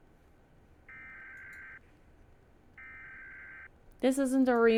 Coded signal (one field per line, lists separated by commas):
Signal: Emergency Alert System (SAME) tones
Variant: header bursts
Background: speech